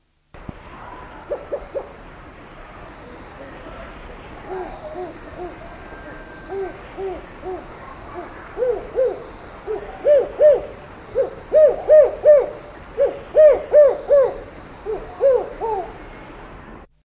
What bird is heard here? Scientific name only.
Berenicornis comatus